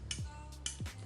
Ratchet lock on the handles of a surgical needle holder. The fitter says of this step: das so einrastet und man kann die Schere dann entweder irgendwie so hängen lassen, einfach